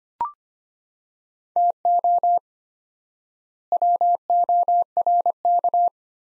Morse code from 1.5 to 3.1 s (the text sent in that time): TO